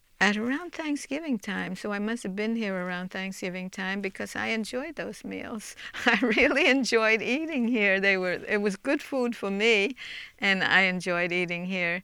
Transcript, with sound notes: at around Thanksgiving time, so I must have been here around Thanksgiving time because I enjoyed those meals. (she laughs) I really enjoyed eating here. They were, it was good food for me and I enjoyed eating here.